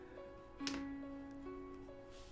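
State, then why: Seated. An Anker Soundcore Life P3 wireless earbud in Coral Red is dropped back into its plastic charging case, where a magnet pulls it into its slot. A single sharp click sounds at 0.7 s over faint steady background tones. The earbud is seated in the case.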